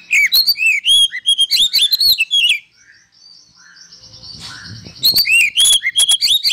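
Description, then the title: Oriental magpie-robin song: quick, ringing upslurred whistles mixed with clicks, a quieter interlude of drawn-out tones, then another energetic burst of whistled notes. Masteran (training) recording of a kacer, played to provoke other kacer into singing vigorously (gacor); reported as having made a kacer into a champion. "Masteran Kacer Yang Sukses Memancing Kacer Gacor Sampai Jadi Juara"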